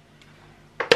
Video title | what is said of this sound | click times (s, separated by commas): [Unboxing] Découverte d'un nouveau robot de cuisine avec Cecotec 😍 | Voilà, donc ça se clipse au dessus. | 0.8 s, 0.9 s